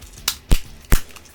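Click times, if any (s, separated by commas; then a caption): 0.3 s, 0.9 s. On a plastic Sea Lion Mechazord toy, the wings are flapped down and a leg section is moved up into the toy's body until it locks. Sharp plastic clicks are heard at about 0.3 s and 0.9 s, with a low knock between them at about 0.5 s. The leg section snaps into place and is seated.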